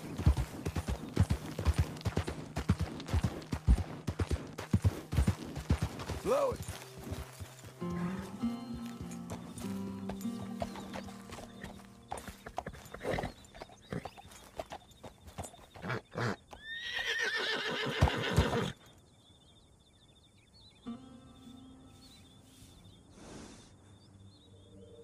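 A horse clip-clops in a quick, dense run of hoof knocks for the first several seconds, then the steps grow sparser and softer. A short whinny rises near six seconds and a louder neigh around seventeen, after which a quieter stretch holds only occasional taps.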